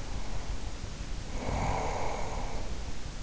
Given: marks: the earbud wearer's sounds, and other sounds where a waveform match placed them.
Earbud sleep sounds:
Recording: sounds in sleep by an in-ear microphone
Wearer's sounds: breath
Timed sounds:
0.00-3.23 s: breath

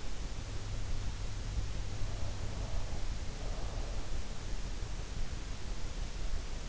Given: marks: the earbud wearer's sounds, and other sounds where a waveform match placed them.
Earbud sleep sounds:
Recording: sounds in sleep by an in-ear microphone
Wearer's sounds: breath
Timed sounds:
1.98-4.18 s: breath

